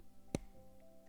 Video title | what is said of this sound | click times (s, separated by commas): SURPRISE LEGO STREAM - Stream VOD | Let me hear the click for you guys. | 0.3 s